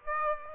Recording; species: mosquito wingbeat signal from an infrared sensor; Aedes aegypti